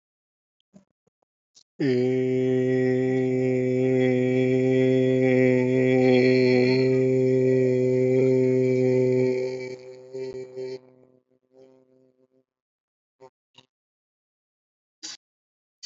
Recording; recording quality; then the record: sustained vowel as in made; excellent, no background noise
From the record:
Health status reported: respiratory illness, not identified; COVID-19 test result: negative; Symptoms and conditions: cough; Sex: male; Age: 28 years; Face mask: not worn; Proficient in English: no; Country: India